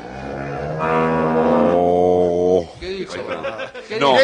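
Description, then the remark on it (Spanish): A long, loud, low moo from a dairy cow on a dairy farm holds steady for a couple of seconds, then breaks off as people start talking and chuckling. “No, porque es una vaca zurda.”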